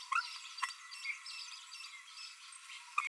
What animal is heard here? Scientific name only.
Forpus passerinus